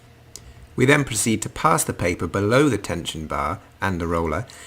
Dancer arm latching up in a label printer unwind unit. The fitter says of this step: up on the roller release lever we can then lift up the dancer arm until it clicks